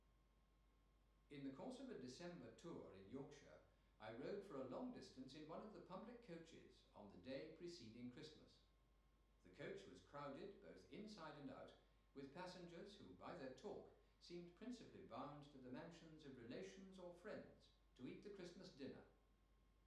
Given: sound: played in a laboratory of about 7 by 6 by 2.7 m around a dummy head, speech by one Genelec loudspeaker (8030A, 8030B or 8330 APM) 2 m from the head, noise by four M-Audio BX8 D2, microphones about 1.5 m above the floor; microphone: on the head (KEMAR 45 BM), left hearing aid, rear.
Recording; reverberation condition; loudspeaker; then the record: male speech in English; medium; 150 degrees to the right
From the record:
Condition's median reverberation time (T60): about 510 ms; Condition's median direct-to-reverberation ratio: about -0.5 dB